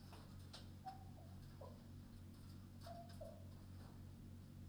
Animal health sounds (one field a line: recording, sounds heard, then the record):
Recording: poultry house recording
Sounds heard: healthy chickens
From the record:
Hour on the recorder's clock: 22